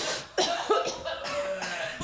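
Adult coughing after inhaling from a vaporizer.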